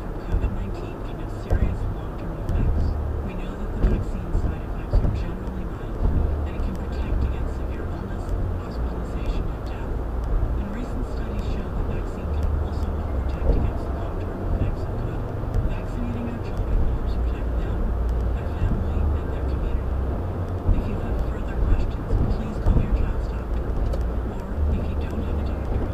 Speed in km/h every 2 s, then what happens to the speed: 89, 97, 98, 100, 103, 103, 105, 106, 106, 106, 108, 108, 106.
0-8 speeds up to 103. 8-26 steady at about 106.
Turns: none.